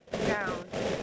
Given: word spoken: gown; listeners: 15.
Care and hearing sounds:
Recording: one English word in noise, from a listening test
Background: noise modulated by three-talker babble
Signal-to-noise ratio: -3.8 dB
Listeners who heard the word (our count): 1 of 15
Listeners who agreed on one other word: 6 of 15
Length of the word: 0.63 s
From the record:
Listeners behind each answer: 6, 3, 3, 1, 1, 1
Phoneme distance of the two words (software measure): 10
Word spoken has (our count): 1 syllable, 3 phonemes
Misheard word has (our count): 1 syllable, 3 phonemes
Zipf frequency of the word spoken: 3.59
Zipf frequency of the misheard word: 6.09

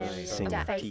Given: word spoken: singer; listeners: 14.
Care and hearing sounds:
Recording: one English word in noise, from a listening test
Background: four-talker babble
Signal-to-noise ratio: 0.0 dB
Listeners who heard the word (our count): 0 of 14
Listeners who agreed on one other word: 9 of 14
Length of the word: 0.51 s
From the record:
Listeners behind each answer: 9, 1, 1, 1, 1, 1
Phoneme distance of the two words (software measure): 7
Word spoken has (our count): 2 syllables, 4 phonemes, stress on syllable 1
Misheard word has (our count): 1 syllable, 3 phonemes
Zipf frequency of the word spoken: 4.48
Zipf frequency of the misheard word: 4.94

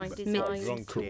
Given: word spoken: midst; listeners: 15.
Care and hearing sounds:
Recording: one English word in noise, from a listening test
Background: four-talker babble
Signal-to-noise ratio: -1.4 dB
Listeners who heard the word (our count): 2 of 15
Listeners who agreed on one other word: 7 of 15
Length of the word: 0.70 s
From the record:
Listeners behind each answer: 7, 2, 1, 1, 1, 1, 1, 1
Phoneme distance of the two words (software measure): 10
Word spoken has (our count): 1 syllable, 5 phonemes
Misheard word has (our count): 1 syllable, 5 phonemes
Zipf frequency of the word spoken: 3.59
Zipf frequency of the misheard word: 4.54

